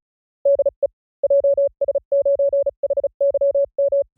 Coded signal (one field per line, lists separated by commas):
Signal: Morse code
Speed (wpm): 36 wpm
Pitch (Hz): 560 Hz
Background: none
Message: DE JS9HYM